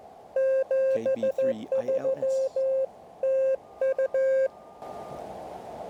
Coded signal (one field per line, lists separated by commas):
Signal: Morse code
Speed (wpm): 15 wpm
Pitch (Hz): 530 Hz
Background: radio noise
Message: 73 TU